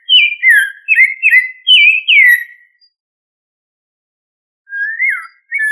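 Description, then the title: Thrush whistling a quick series of mellow slurred notes, then falling silent for a couple of seconds before starting a new whistled phrase. "Familia Turdidae - Sabia"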